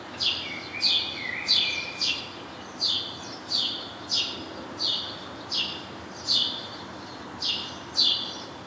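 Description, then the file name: House sparrow repeating short raspy chirps roughly every half second to second, with a brief lower whistled note near the start and a faint hiss behind. "Passer domesticus"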